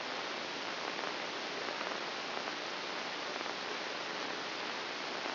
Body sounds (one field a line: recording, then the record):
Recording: brain microelectrode recording played as sound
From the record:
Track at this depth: inside the subthalamic nucleus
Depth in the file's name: 5.905 mm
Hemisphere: left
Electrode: 2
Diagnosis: Parkinson's disease